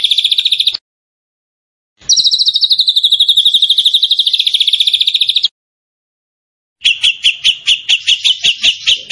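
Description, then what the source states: Zebra finch song: rapid high trills separated by silences; the middle trill slides slightly downward, and the last phrase is a slower series of sharp chirps. Caged songbird known locally as tembakan, singing vigorously (gacor); master recording made for training other cage birds.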